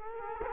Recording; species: mosquito wingbeat signal from an infrared sensor; Culex quinquefasciatus